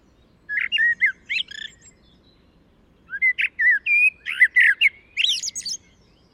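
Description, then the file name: Common blackbird song: two bursts of warbled, twittering notes around mid-high pitch, the second longer with a sustained whistled note, separated by a short pause. "Turdus merula"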